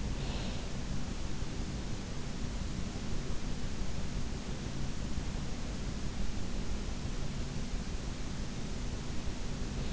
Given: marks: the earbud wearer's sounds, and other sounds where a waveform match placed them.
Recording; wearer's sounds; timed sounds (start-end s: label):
sounds in sleep by an in-ear microphone; breath
0.00-0.75 s: breath